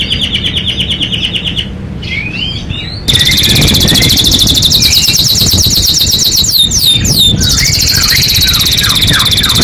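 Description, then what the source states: Domestic canary delivering rapid high trills, a short pause with a rising slur, then a loud sustained rolling trill with sharp sweeping notes over noisy background. Domestic canary described as gacor, singing constantly, and as a first-place champion.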